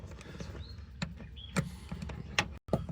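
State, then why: Seated. The 9-pin plastic wiring connector of a replacement side mirror on a 2017–2025 Mazda CX-5 is pushed into its mating connector in the door. Two sharp clicks are heard at 1.0 s and 2.4 s over faint handling noise. The connector latches and is seated.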